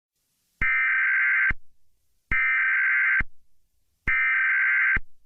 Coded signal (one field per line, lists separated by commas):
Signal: Emergency Alert System (SAME) tones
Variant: header bursts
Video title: Test EAS Mock